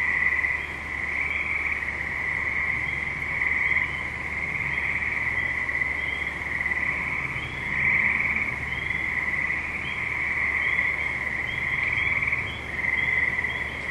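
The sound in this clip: Chorus of frogs giving continuous shrill trills that blend into one droning band, rising and falling in loudness every few seconds over a low steady hum.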